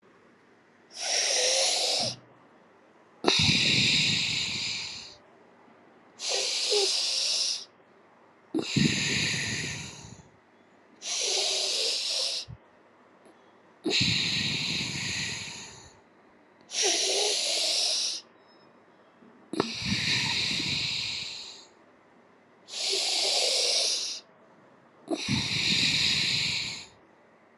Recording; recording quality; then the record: deep breathing; excellent, no background noise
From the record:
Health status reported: COVID-19 positive, mild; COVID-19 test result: positive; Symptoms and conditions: cough, fatigue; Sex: female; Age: 38 years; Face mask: not worn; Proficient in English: yes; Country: India